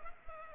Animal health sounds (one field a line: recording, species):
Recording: mosquito wingbeat signal from an infrared sensor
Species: Culex pipiens